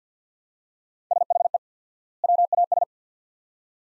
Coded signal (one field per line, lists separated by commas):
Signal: Morse code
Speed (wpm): 50 wpm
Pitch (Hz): 700 Hz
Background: none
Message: SHE WAS